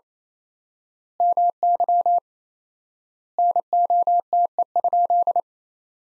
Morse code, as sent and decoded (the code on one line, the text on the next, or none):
-- -.-- / -. --- - . ..--..
MY NOTE?